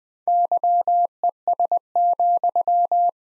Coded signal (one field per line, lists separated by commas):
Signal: Morse code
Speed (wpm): 20 wpm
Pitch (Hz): 700 Hz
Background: none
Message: YES,